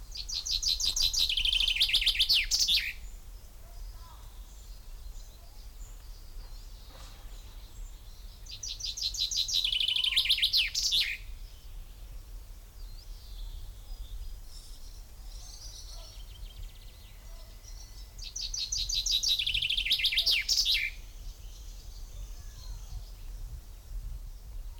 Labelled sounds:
Common Chaffinch

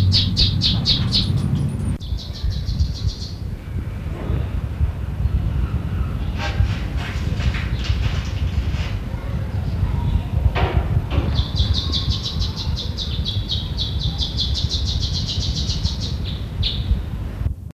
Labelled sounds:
Long-tailed Widowbird call

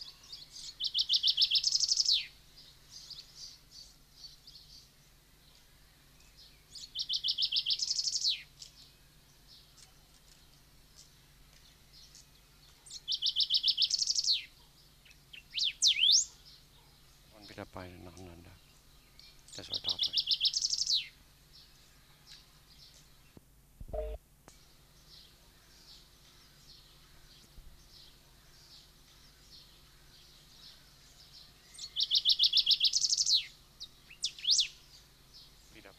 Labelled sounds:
Common Chaffinch song

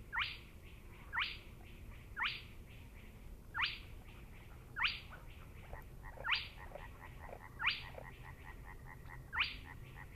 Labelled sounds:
Spotted Crake song

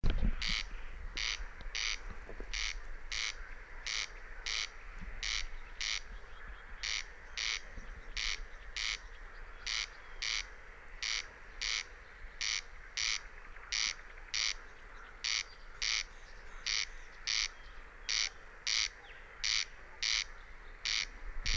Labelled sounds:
Corn Crake

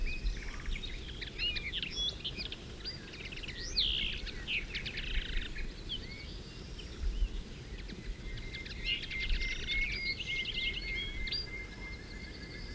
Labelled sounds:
Ortolan Bunting song

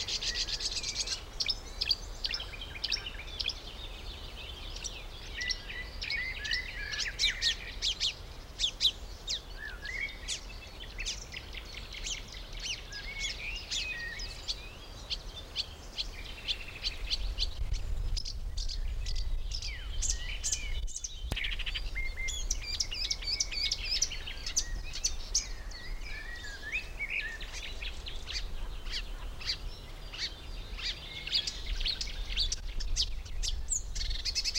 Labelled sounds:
Marsh Warbler

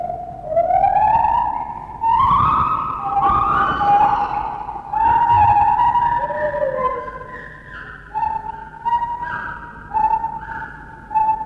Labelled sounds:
Lar Gibbon

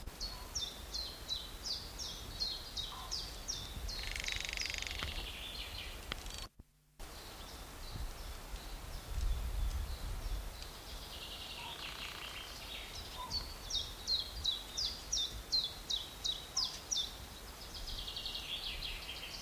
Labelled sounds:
Common Chiffchaff song

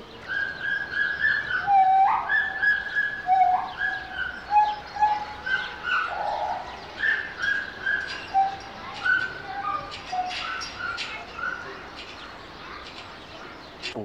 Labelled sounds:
Pileated Gibbon

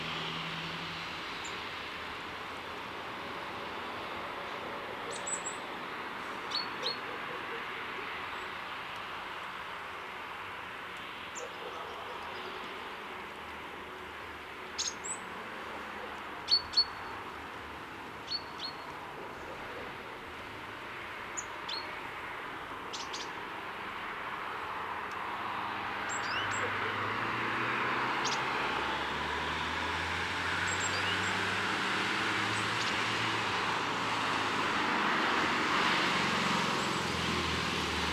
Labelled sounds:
Great Tit call

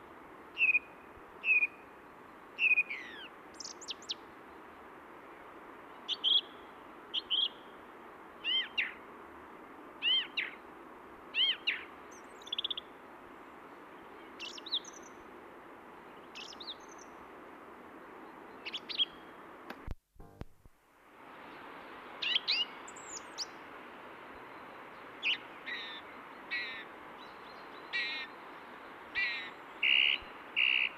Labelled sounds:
Song Thrush song

